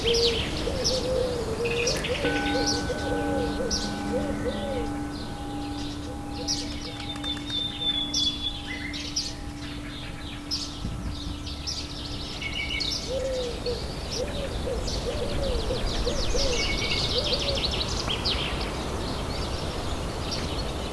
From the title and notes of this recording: Relaxing Nature Sounds with Piano.